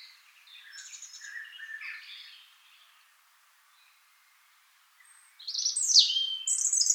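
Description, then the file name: European robin song, soft high twittering notes, a short pause, then a loud burst of thin, sharply falling whistles near the end. "Erithacus rubecula"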